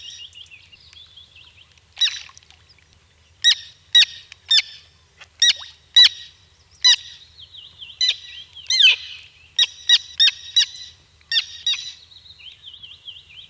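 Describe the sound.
Bird song with loud, sharp chip notes in quick irregular runs, mixed with thin, wavering twitters throughout.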